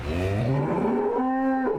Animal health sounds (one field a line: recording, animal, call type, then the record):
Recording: contact call of a hoofed animal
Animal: cattle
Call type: low-frequency (closed-mouth) or high-frequency (open-mouth) call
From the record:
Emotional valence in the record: negative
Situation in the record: full separation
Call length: 1.79 s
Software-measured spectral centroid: 1150 Hz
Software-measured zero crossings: 950 a second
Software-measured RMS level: -24 dBFS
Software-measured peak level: -14 dBFS